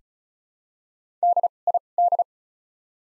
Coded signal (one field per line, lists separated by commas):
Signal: Morse code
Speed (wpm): 34 wpm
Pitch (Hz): 700 Hz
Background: none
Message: D I D